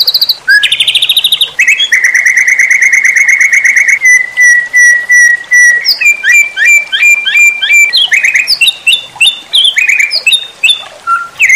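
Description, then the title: White-rumped shama song, a loud varied run of fast trills, short repeated whistled notes and quick chirps, with no other sounds. Training recording for cage birds. "MURAI BATU LABAIK"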